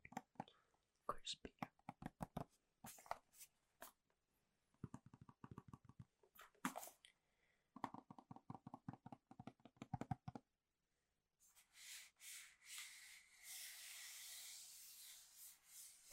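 Quick bursts of fingertip tapping on Apple gear and boxes, pausing briefly, then a steady bright scratching or rubbing texture in the last four seconds.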